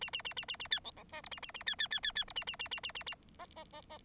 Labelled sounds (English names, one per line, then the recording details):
Bengalese Finch song
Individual Bird9